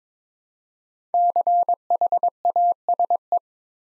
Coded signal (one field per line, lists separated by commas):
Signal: Morse code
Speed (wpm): 22 wpm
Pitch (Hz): 700 Hz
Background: none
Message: CHASE